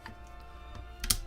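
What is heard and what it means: A cleaned bolt assembly is slid back into the body of an Empire Axe Pro paintball marker and pushed home. A soft tap sounds at 0.1 s, then two close sharp hits at 1.0 s and 1.1 s as it seats into place.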